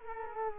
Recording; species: mosquito wingbeat signal from an infrared sensor; Culex quinquefasciatus